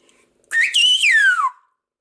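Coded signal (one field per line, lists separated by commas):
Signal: whistled language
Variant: Silbo herreño (whistled Spanish)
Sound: a single one-second whistle rising, holding high, then gliding down low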